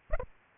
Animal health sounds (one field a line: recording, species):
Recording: mosquito wingbeat signal from an infrared sensor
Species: Aedes aegypti